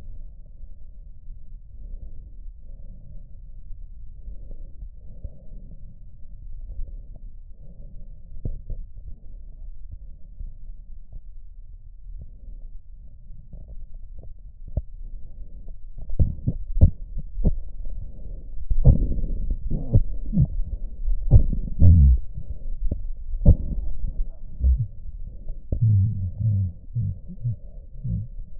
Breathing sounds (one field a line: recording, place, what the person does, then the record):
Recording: lung sounds by stethoscope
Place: right posterior apical chest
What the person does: quiet breathing, then cough and speech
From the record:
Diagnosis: pulmonary infection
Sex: male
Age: 69 years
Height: 184 cm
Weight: 115 kg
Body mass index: 34.0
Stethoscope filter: extended mode